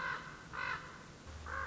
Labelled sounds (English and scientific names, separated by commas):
Common Raven (Corvus corax)